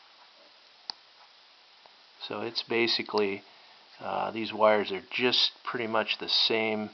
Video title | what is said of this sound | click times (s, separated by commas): How to Make Fuel Injector Connector Retainer Spring Clips from Paper Clips 1 | you want this to fit on pretty darn snug and it should kind of snap into place | 0.9 s